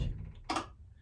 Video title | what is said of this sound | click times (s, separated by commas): Custom Outdoor Sauna Build - One Year Follow Up - Any mistakes or problems? Questions answered | you hear the click. So everything's working good. | 0.5 s